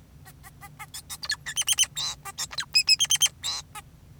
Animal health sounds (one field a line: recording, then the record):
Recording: song of a male Bengalese finch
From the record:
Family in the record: son of father 2, and himself father 4